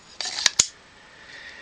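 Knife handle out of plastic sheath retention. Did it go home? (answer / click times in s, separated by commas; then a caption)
released / 0.2 s, 0.6 s. A Glock 81 survival knife is pushed up out of its plastic sheath with the index finger and thumb under the handle. Sharp snaps sound at 0.2 and 0.6 seconds, with a brighter tick in between, as the knife snaps free of the sheath's retention. The knife comes right out, released from the sheath.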